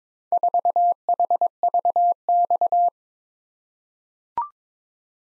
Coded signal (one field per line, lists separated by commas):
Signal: Morse code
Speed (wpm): 22 wpm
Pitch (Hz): 700 Hz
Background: none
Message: 4HVX